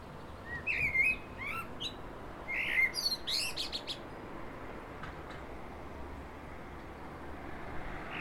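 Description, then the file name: Common blackbird song: two phrases, each low fluted whistles near the start that break into high, squeaky twittering, with a quiet gap of steady background hiss afterwards. "Turdus merula"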